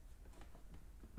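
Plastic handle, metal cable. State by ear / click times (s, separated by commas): not seated / none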